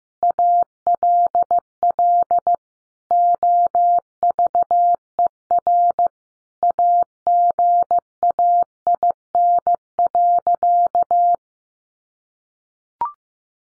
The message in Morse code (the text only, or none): ALL OVER AGAIN.